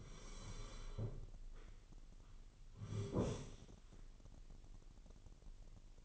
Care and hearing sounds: daily activity, microphone in the room; sit down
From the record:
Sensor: 4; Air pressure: 999.2 hPa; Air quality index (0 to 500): 113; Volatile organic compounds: 2 ppm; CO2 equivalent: 1114 ppm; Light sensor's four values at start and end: 11/26/10/11 and 11/26/10/11

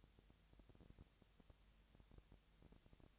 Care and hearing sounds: daily activity, microphone in the room; no activity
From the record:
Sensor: 3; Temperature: 20.6 degrees Celsius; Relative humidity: 35.7%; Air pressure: 998.8 hPa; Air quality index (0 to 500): 236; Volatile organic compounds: 72 ppm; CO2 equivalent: 3539 ppm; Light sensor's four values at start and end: 2/3/2/2 and 2/3/2/2

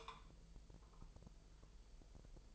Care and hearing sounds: daily activity, microphone in the room; take from stove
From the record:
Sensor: 5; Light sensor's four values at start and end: 34/81/33/34 and 34/81/33/34

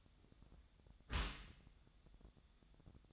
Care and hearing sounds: daily activity, microphone in the room; close dishwasher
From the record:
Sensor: 3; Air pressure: 1004.6 hPa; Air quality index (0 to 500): 106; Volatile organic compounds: 4 ppm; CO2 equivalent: 1664 ppm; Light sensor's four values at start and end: 7/17/7/6 and 7/17/7/6

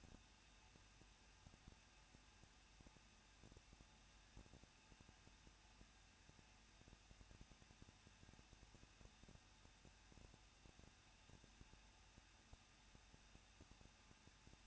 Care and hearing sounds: daily activity, microphone in the room; no activity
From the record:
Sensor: 2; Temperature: 21.0 degrees Celsius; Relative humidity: 37.3%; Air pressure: 1006.3 hPa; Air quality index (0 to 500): 221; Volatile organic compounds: 23 ppm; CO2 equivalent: 2786 ppm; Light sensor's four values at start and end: 2/3/2/2 and 2/3/2/2

